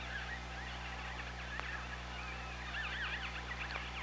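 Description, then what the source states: Killer whale calls underwater, a series of short tonal squeals and wavering whistles that rise and fall, with constant low hum beneath. Recorded on the OrcaLab hydrophone, 24 August 2017 at 17:37.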